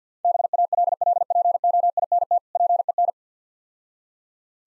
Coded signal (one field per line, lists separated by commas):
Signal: Morse code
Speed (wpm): 51 wpm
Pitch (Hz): 700 Hz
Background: none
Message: BALLPOINT PEN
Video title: Easy Words - Speed-Racing with Hints - 50wpm